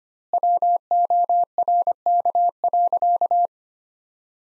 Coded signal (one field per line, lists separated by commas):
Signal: Morse code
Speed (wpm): 25 wpm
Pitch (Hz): 700 Hz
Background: none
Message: WORK.